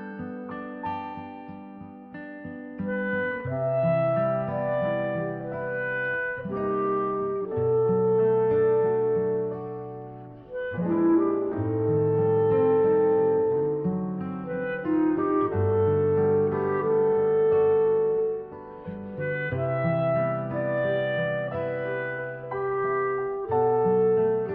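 A soundtrack piece of sustained, layered tones over a deep bass line, holding steady with brief softer dips near ten and fifteen seconds.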